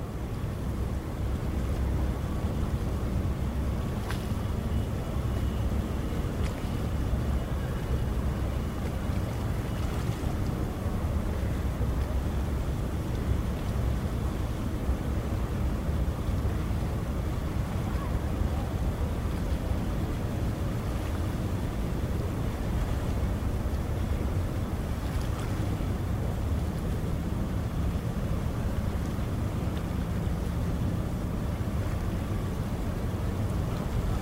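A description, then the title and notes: A steady low rumble of boat engines fills a waterfront scene, with faint city noise and occasional soft clicks around four and ten seconds. Sydney Harbour. Recorded LIVE between the Harbour Bridge and the iconic Opera House as night falls on Australia’s most well-known place, known as the Emerald City.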